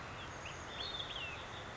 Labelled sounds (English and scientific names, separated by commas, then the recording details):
Olive-sided Flycatcher (Contopus cooperi)
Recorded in Sonoma County, California